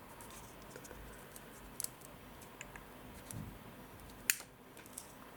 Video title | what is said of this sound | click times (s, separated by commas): Samsung Galaxy Watch8/Classic - How to Attach Straps | Okay, so if you hear that click, that means our strap is attached. | 4.3 s